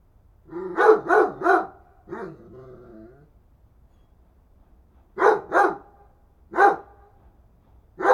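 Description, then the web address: Dog barks in a quick triple, a softer bark with a rough tail, a long pause, then a double and two single barks. "Effects 02-Birds, Insects Animals. Animals dogs"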